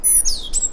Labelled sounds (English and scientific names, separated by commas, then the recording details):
Stitchbird (Notiomystis cincta) song
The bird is a male
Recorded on Tiritiri Matangi Island, New Zealand, in 2005
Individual 1, of nest box 1